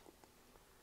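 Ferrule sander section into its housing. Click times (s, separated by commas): 0.2 s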